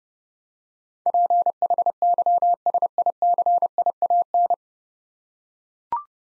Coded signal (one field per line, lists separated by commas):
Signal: Morse code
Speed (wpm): 30 wpm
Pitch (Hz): 700 Hz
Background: none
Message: PHYSICIAN